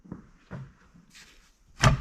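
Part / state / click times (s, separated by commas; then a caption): metal engine component onto its locating dowel on the engine short block / seated / 1.8 s. A metal component sitting high at the front of a new Paccar MX13 diesel engine short block is pressed down by hand over its locating dowel. A faint knock comes at 0.1 s, a soft thump around 0.5 s and a brief hiss near 1.2 s. Then a sharp, loud click at 1.8 s marks the component seating onto the dowel and bottoming out.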